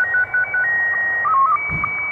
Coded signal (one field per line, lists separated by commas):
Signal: SSTV (slow-scan television)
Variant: Scottie 1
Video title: Christmas pirate radio shortwave